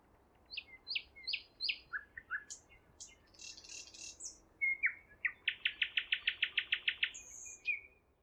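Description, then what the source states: Nightingale song of swept notes, scratchy buzzes and a long, evenly spaced volley of many loud repeated notes. Singing at Roslawien on 13 May 2016.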